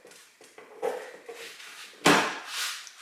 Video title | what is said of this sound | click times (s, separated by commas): 2013+ Elantra GT OEM LED Tail Light Install | You guys will hear it click like that, and then you're ready to go after you put these two screws back in. | 2.1 s